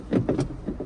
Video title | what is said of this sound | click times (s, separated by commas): Day652 #OLLYBLOGS JOHN DEERE 7710 TRACTOR CLOSE LOOK & FLOATING DUCK HOUSE SINKS #AnswerAsAPercent | click into place like that they're actually quite comfortable | 0.3 s